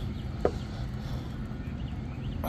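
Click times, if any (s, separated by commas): none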